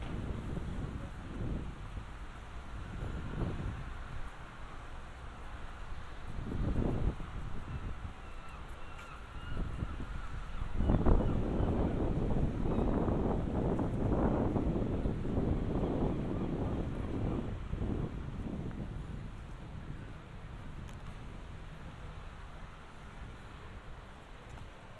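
A binaural field recording in Amsterdam, made up of a steady low rumble with gusty, rustling surges. Several short bursts come in the first ten seconds, then a denser stretch of louder, rushing sound from about 11 to 18 seconds before it settles back to a softer hum.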